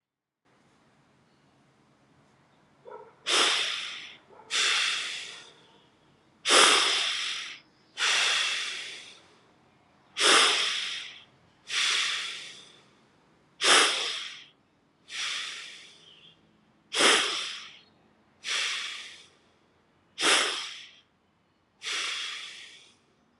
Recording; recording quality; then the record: deep breathing; excellent, no background noise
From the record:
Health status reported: COVID-19 positive, moderate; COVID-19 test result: positive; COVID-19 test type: RT-PCR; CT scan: not taken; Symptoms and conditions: cough, sore throat, hypertension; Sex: male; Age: 52 years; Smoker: no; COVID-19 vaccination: both doses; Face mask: not worn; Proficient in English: yes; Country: India